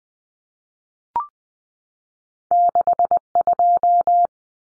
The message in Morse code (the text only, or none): 62